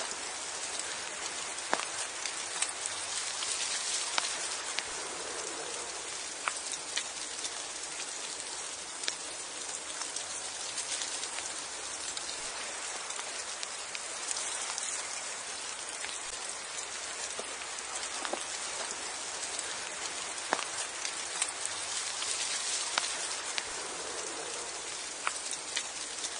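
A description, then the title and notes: Steady rain falls throughout, a dense, even hiss that stays constant in level from start to finish. Sharper drops tick and patter on a surface every second or so, with brighter taps scattered across the clip and little low rumble underneath. Relaxing Rain Sounds for Deep Sleep and Tranquility. Serene rain ambiance.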